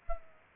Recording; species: mosquito wingbeat signal from an infrared sensor; Aedes aegypti